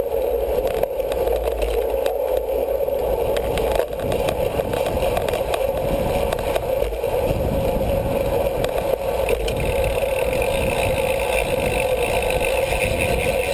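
Sound from a criterium bike race: a dense, steady roar with a constant droning hum running through it and a rough, fluttering rumble underneath. There is a brief dip just before four seconds, and from about nine seconds a brighter hiss joins the mix.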